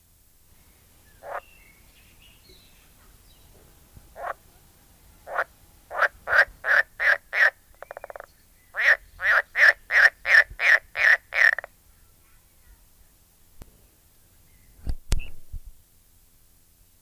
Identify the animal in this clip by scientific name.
Pelophylax esculentus